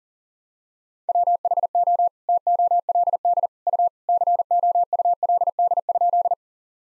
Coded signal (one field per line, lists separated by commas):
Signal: Morse code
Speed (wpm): 40 wpm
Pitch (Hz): 700 Hz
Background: none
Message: WHO TOLD U COULD?